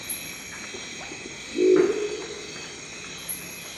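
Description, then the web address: Crested owl: a single deep, rough growl lasting about half a second, set against constant background hiss. "sound Crested-owl. صدای-جغد-کاکلی"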